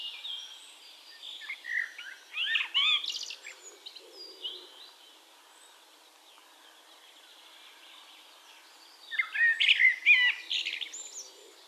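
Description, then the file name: Eurasian blackbird song, two warbled phrases separated by a long pause, each sliding through mellow notes into a higher squeaky twitter, with other birds chirping faintly throughout. "Turdus merula"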